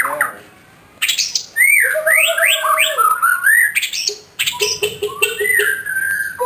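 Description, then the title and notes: White-rumped shama song with rising whistled slurs and a low warbling trill, broken by pauses, followed by scratchy notes and a sustained whistle. Song used as a master for training caged songbirds (masteran). "Suara Kicau Burung Murai Batu. burung murai buat masteran"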